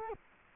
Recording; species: mosquito wingbeat signal from an infrared sensor; Culex quinquefasciatus